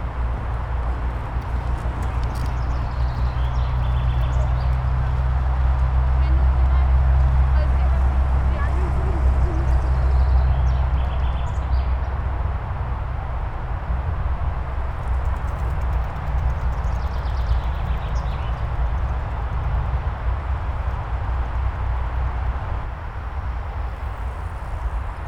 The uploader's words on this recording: A Spring day on the bike path on the edge of the Grunewald. Enveloped in the ever-present hum of the Autobahn a few meters away, families and athletes enjoy the freedom of the wide path without cars, the breeze by their ears and the apparent nature around them.